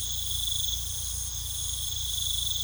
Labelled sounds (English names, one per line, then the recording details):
none
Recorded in pastures near Puerto Asís, Putumayo, Colombia, on 18 December 2024 at 21:30
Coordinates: 0.486, -76.323
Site GP01